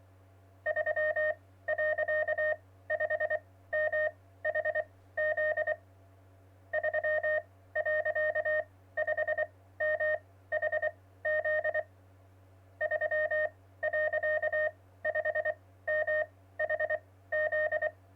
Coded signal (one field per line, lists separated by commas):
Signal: Morse code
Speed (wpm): 24 wpm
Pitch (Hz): 620 Hz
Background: none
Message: 3.5MHZ 3.5MHZ 3.5MHZ